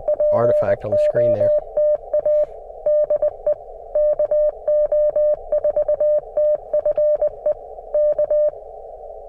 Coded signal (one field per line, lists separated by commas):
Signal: Morse code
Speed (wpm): 20 wpm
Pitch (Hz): 600 Hz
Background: speech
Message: POTA DE KO4TFE K